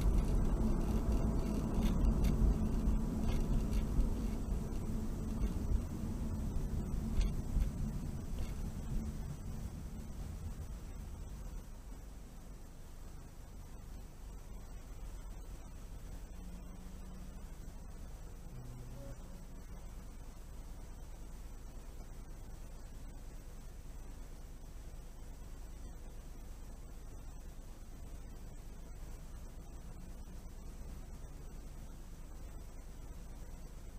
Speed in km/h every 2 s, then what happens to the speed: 47, 39, 31, 23, 16, 5, 0, 0, 0, 0, 0, 0, 0, 0, 0, 0, 0.
0-11 brakes to 0. 11-34 standing.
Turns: none.